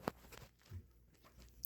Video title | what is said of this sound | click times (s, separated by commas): Rockville Titan Pro Array Update and New Changes | and once you turn it it locks in place so the connection that this uses on the bottom is just | 1.6 s